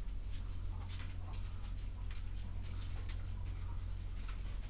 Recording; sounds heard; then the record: poultry house recording; sick chickens (respiratory disease)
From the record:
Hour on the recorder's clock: 11